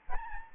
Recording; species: mosquito wingbeat signal from an infrared sensor; Aedes albopictus